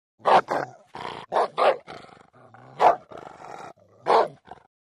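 Dog barking, a quick pair of sharp barks, then several more barks at irregular intervals.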